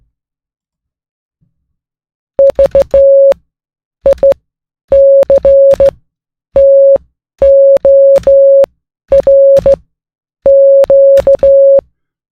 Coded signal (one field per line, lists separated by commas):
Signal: Morse code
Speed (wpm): 14 wpm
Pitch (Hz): 550 Hz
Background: music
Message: VICTORQ